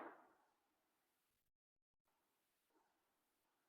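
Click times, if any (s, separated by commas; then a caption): none. A metal bag lock is placed on a crocheted bag and held in position, ready for its prongs to be pressed down by hand or with pliers. A soft rustle at the start fades into quiet handling noise, with a brief dropout near 1.5–2.0 s and a faint touch around 2.8 s. Nothing has been pressed or clicked yet.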